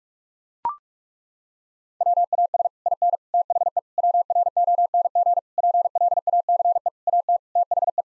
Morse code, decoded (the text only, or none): WAS IN THE WRONG PLACE AT THE